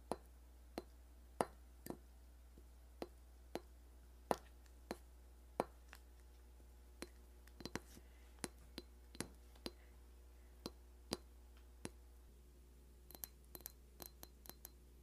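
A Christmas ornament is tapped in a steady series of bright, glassy clinks, roughly one every half second to second, with a few quicker clusters near the end. Each tap is sharp and short over a low, constant hum.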